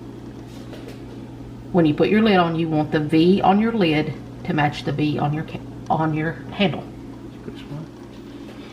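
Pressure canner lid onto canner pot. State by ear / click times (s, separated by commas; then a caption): not seated / none. A metal pressure canner lid is set onto the canner pot and lined up so the V mark on the lid matches the mark on the handle, ready to be turned and clicked shut. Someone talks over a steady low hum. The lid has not been turned or clicked shut yet.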